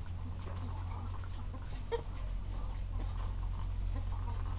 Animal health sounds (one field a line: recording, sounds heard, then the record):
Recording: poultry house recording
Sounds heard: sick chickens (respiratory disease)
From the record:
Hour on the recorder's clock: 14